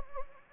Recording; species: mosquito wingbeat signal from an infrared sensor; Anopheles gambiae